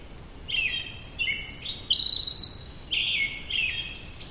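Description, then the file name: Siberian blue robin song: thin high notes and short trilled phrases, then a rapid bright rattle and two lower trilled phrases. "koruri"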